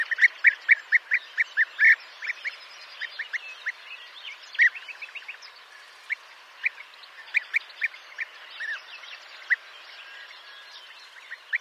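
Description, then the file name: European bee-eater calls: short rolling notes in a quick burst at the start, then scattered single and paired notes with pauses between. "Guepier d Europe"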